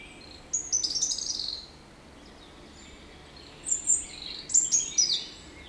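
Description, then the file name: European robin: a bright, high warbled phrase early, then after a pause a second run of quick, thin, sliding notes. "Erithacus rubecula"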